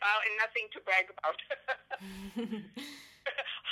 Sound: laughter